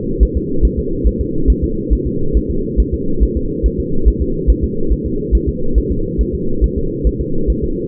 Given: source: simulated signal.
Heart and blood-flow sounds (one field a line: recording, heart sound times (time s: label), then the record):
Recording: fetal heart sounds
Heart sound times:
0.23 s: S1
0.37 s: S2
0.65 s: S1
0.79 s: S2
1.07 s: S1
1.21 s: S2
1.50 s: S1
1.64 s: S2
1.93 s: S1
2.07 s: S2
2.37 s: S1
2.51 s: S2
2.80 s: S1
2.94 s: S2
3.23 s: S1
3.37 s: S2
3.66 s: S1
3.80 s: S2
4.08 s: S1
4.22 s: S2
4.50 s: S1
4.64 s: S2
4.93 s: S1
5.06 s: S2
5.35 s: S1
5.49 s: S2
5.78 s: S1
5.92 s: S2
6.21 s: S1
6.35 s: S2
6.64 s: S1
6.78 s: S2
7.07 s: S1
7.21 s: S2
7.50 s: S1
7.64 s: S2
From the record:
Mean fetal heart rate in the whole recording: 140 bpm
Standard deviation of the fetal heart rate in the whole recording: 2 bpm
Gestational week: 34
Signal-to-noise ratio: -8.1 dB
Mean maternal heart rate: 72 bpm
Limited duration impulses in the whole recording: absent